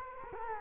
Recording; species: mosquito wingbeat signal from an infrared sensor; Culex quinquefasciatus